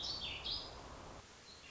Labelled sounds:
Warbling Vireo
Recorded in Sonoma County, California

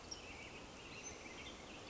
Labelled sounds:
Western Tanager
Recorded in Sonoma County, California

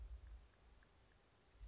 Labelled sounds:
Oak Titmouse
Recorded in Sonoma County, California

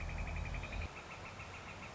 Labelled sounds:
Northern Flicker
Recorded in Sonoma County, California

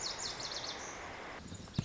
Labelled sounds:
Lazuli Bunting
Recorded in Sonoma County, California

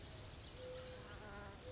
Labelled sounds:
Mourning Dove
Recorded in Sonoma County, California

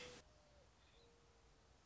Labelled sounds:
Mourning Dove
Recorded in Sonoma County, California

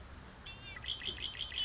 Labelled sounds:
Red-winged Blackbird
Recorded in Sonoma County, California

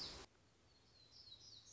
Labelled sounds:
Black-throated Gray Warbler
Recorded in Sonoma County, California

